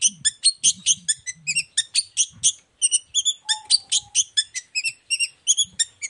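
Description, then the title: Long-tailed shrike song, a steady stream of bright chirps and whistles repeated several times a second, with a faint lower whistle midway. Morning song with varied "toet toet" phrases; provokes other shrikes to answer and sing along. "Cendet Gacor Dor Di Kala Pagi Toet Toet Variasi Suara. Pancingan Emosi Cendet Gacor Full Variasi Toet Toet Bikin Nyaut Cendet Lain Langsung Ikutan Bunyi"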